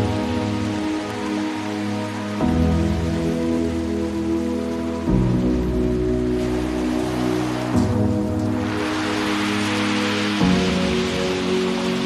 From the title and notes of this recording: Listen to the rolling waves and lapping water, combined with simple chords mixed in Spatial Audio.